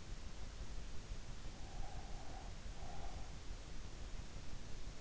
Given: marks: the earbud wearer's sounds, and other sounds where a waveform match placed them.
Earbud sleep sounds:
sounds in sleep by an in-ear microphone; breath
1.53-3.35 s: breath

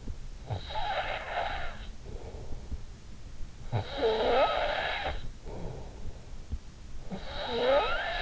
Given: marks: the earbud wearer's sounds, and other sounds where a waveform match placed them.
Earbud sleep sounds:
sounds in sleep by an in-ear microphone; snoring breath
0.00-8.22 s: snoring breath

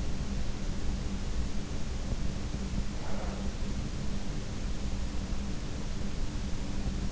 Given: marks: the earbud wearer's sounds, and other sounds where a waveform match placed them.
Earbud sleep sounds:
sounds in sleep by an in-ear microphone; breath
2.58-4.38 s: breath

